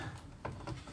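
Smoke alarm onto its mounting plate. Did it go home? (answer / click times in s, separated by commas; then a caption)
no / none. A First Alert Onelink talking smoke and carbon monoxide alarm is handled against its mounting plate in the living room, with two brief knocks at about 0.5 and 0.7 seconds over a low rumble. Nothing has clicked or seated yet; the alarm is not yet home on the plate.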